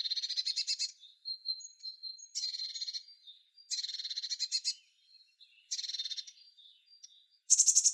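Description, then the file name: Eurasian blue tit: five dry, buzzy churring bursts, interspersed with quiet high thin notes. "Cyanistes caeruleus"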